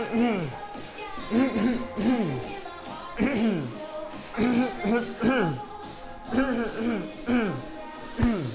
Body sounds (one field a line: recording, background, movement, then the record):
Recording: throat clearing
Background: music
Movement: walking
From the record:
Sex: male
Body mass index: 20.6 kg/m2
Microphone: on the chest, facing outward